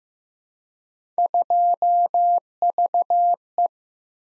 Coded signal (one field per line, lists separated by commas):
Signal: Morse code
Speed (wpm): 15 wpm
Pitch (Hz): 700 Hz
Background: none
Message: 2VE